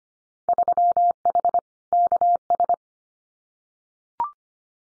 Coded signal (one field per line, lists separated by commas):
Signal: Morse code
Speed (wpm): 25 wpm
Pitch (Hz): 700 Hz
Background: none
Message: 3H KS